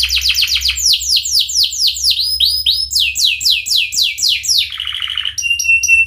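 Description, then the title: Atlantic canary singing quick strings of downward-sweeping whistled notes, about four per second, ending in a short rattling trill and a few pure high tones. Canary singing vigorously, with the best phrasing and the richest fill-in passages. "Kenari Gacor Cengkok Terbaik Isian Paling Mewah"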